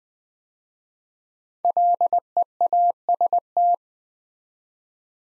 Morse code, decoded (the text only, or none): LEAST